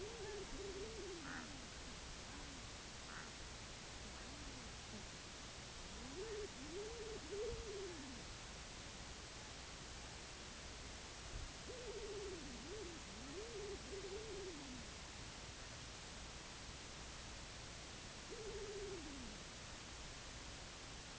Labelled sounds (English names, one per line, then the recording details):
King Eider
unidentified sound
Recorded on Arctic tundra, site IGLO-A, on 24 June 2018
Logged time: 23:59